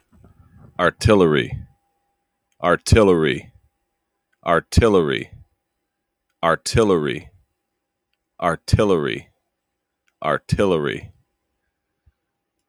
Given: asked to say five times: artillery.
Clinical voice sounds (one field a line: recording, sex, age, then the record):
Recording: repeated word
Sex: male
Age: 30 to 39 years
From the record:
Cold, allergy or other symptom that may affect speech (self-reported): no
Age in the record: 37 years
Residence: New York, United States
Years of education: 18